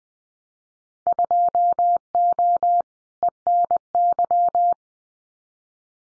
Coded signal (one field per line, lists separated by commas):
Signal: Morse code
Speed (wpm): 20 wpm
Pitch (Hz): 700 Hz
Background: none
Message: 2O ENY